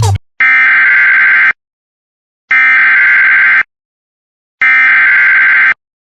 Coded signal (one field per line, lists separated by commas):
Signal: Emergency Alert System (SAME) tones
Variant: header bursts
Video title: Extreme Calamity III: Bloody Tuesday! EAS Alerts from 7/21/2026 (EAS 651-678)